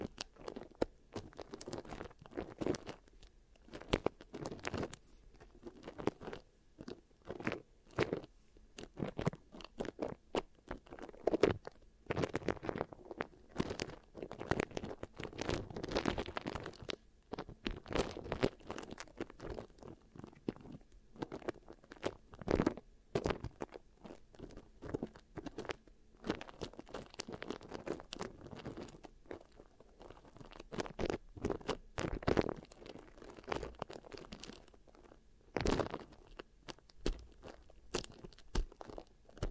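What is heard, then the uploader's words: Beeswax is worked, giving dense, sticky crackles and soft crunches that come in quick irregular bursts throughout. Sharper pops stand out every few seconds, with brief lulls of near-silence between flurries. ASMR Really Nice Beeswax Ear Triggers for SLEEP (No Talking).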